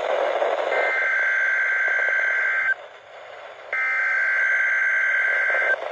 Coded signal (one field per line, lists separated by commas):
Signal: Emergency Alert System (SAME) tones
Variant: header bursts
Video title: Absolute Monstrosity 3… Helene's Terror Across Florida. (EAS Alerts from: 9/24/24-9/26/24)